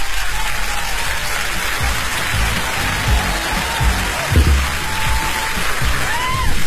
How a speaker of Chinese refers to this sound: 好了，掌声真的很久哦， 好久啊。